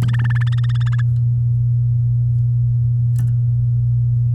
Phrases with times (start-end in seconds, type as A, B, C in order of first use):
0.02-1.01 A